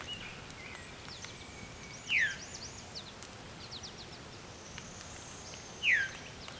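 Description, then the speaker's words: Veery call: two loud, sharply descending slurred notes about four seconds apart, over faint high chattering of other birds and steady background hiss. Veery 'veeru' call, the call the bird is named for, not its song; bird moving, directly above the recordist. "It's actually named for its call, not for its song."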